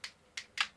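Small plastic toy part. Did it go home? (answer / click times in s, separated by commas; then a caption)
yes / 0.4 s. A lever on the back of a plastic transforming toy is pressed and the top section is folded forward onto the body until it locks. Three short, sharp plastic clicks are heard at about 0.0, 0.4 and 0.6 seconds, with the snap into the locked position at 0.4 seconds. The part is seated.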